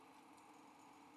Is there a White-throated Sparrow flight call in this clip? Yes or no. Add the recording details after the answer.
no. No flight call is heard. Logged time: 07:42 on 5 December 2014